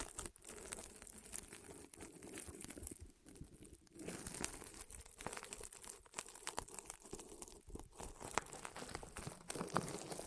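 Rolling sounds move across the ears in a dense, continuous stream of crinkly, crunchy texture, bright and papery with scratchy hiss on top. Loudness rises and dips in waves, with brief quieter gaps near three and four seconds and sharper crackling bursts scattered throughout.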